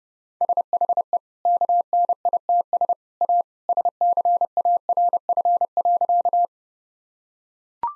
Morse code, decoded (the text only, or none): SHE KNITS A SCARF.